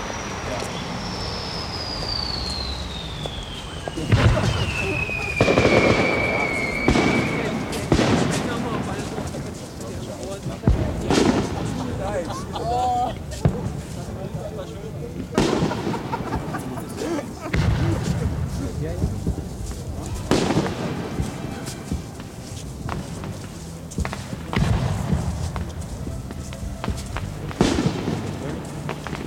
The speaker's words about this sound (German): Was ist denn für ein Artifice? Das ist doch ein Feuerwerk.